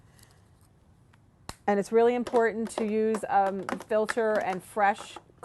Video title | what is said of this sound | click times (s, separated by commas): Hands on Cuisinart DGB-650BC Grind-and-Brew Thermal 10-Cup Automatic Coffeemaker, Brushed Metal | here's where you put your filter the charcoal filter it pops right in here and it's | 1.5 s